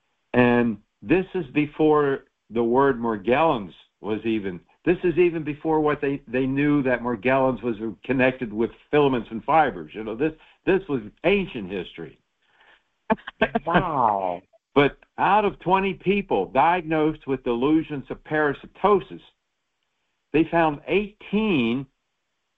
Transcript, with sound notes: And this is before the word Morgellons was even... This is even before what they, they knew that Morgellons was connected with filaments and fibers. You know, this, this was ancient history.
(laughs) Wow.
But out of 20 people diagnosed with delusions of parasitosis, they found 18